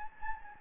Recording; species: mosquito wingbeat signal from an infrared sensor; Anopheles gambiae